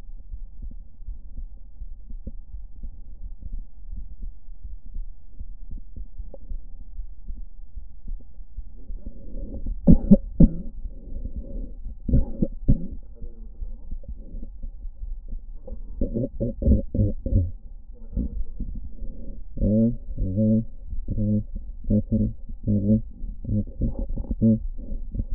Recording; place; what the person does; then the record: lung sounds by stethoscope; left anterior apical chest; quiet breathing, then cough and speech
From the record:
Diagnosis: none (healthy); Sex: male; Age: 29 years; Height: 180 cm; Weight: 100 kg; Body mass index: 30.9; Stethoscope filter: diaphragm mode